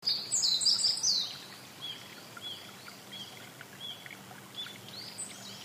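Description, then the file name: Meadow bunting singing a brisk, high, jumbled phrase, followed by a run of short downslurred notes, with faint background noise. "hojiro"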